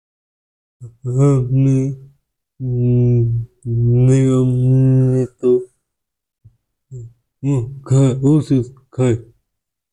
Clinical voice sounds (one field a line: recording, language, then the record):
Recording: elicited speech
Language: Bengali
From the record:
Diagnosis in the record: Broca's or global aphasia after a stroke